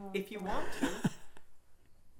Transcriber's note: chuckles